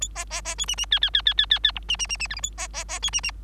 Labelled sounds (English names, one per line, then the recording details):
Bengalese Finch song
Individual Bird3